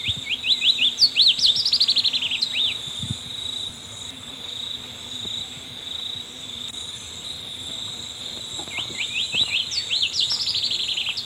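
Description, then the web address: Black-lored yellowthroat song: a quick tumbling burst of high warbled, slurred notes about two seconds long, then a second burst near the end, over a steady insect drone. Recorded in Ecuador. "Birds of Ecuador Black-lored Yellowthroat"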